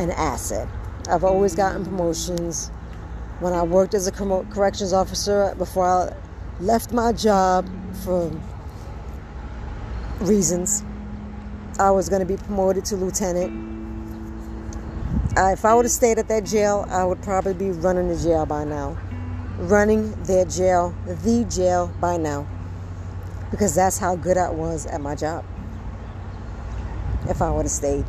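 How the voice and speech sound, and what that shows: An adult woman, a stroke survivor with mild aphasia, speaks in mostly fluent sentences broken by mid-sentence word-finding pauses, stretched sounds and self-corrections. She speaks slowly and often has to repeat herself two or three times to be understood.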